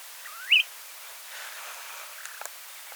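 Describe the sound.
Snowy plover giving one short rising whistled call, then faint background noise with a few soft clicks.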